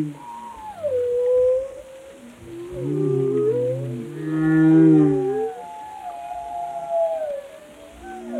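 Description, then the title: Whale vocalizations: overlapping tonal moans and whoops that rise and fall, with a buzzy pulsed call midway. "Whale Tales: Discovering the Stories Behind the Sounds"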